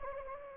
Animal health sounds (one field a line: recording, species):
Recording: mosquito wingbeat signal from an infrared sensor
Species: Anopheles gambiae